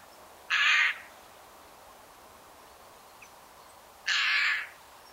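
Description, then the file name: Eurasian Jay screeching: two loud, harsh, grating screeches, each about half a second long and roughly three seconds apart. "Garrulus glandarius"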